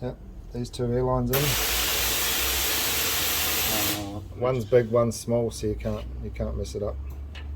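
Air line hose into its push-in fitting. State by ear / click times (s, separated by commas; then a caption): not seated / none. Someone talks while handling the first of two air lines, one big and one small, that go into their push-in fittings. A loud, steady hiss runs from about 1.3 to 4.0 s between the talking. The clip ends with the hose not yet home; nothing has seated or clicked yet.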